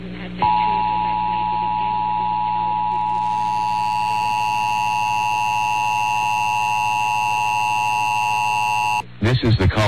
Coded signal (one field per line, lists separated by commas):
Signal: Emergency Alert System (SAME) tones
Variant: 853 and 960 Hz attention tone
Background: speech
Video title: EAS Child Abduction Emergency (AMBER Alert) Adams County, Colorado Statewide Alert